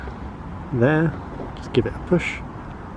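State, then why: Not seated. A new plastic windscreen washer jet is being handled and pushed into its hole in the bonnet of a Fiesta, against a low steady background hum. Someone talks in short bursts around 0.7–1.1 s, 1.8 s and 2.1 s. The jet has not seated or clicked into place yet.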